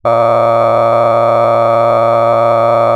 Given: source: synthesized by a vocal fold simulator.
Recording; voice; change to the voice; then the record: sustained vowel; male; cycle-to-cycle stiffness perturbation (roughness), level 9 of 10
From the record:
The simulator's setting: 5.63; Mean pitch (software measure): 116 Hz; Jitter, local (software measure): 3.04%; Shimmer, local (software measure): 10.9%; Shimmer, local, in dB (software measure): 0.92 dB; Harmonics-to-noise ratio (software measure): 10.0 dB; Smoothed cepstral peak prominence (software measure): 16.6 dB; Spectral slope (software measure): -16.8 dB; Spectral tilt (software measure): -12.2 dB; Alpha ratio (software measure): -7.3 dB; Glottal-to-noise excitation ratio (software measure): 0.992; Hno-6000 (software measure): 2.4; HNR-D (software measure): 19.6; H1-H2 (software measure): 5.0 dB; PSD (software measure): 2.2e-04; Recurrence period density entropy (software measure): 0.103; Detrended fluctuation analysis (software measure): 0.0568